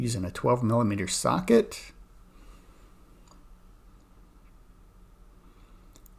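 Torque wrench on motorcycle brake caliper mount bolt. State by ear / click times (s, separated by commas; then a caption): torque reached / 6.0 s, 6.1 s. Someone talks while a torque wrench with a 12 mm socket tightens a brake caliper mount bolt on a 2023 Ninja 650 motorcycle to 25 foot-pounds during a front tire replacement. After a quiet stretch, short clicks at 6.0 and 6.1 seconds mark the wrench reaching its setting.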